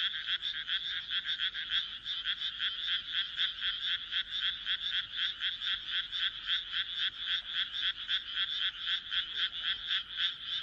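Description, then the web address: Loud frog chorus with quick, evenly repeated croaking pulses, roughly four per second, throughout. "kaeru kaeru"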